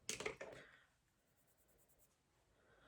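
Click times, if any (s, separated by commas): 0.1 s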